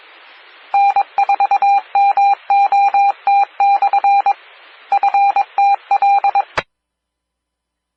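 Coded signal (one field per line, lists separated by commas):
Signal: Morse code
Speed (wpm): 22 wpm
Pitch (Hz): 800 Hz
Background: none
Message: N4MOT/ FTL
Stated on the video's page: Fort Lauderdale area amateur repeaters during Hurricane Irma.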